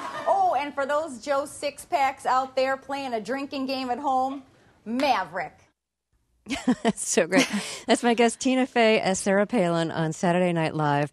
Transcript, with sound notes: Oh, and for those Joe six-packs out there playing a drinking game at home - maverick.
(Soundbite of laughter)
That's so great. That's my guest, Tina Fey, as Sarah Palin on "Saturday Night Live."